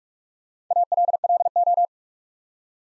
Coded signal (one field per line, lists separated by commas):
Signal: Morse code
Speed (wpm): 44 wpm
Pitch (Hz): 700 Hz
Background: none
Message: ALLO